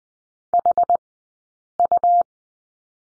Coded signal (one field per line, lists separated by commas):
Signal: Morse code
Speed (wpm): 20 wpm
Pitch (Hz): 700 Hz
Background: none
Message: HU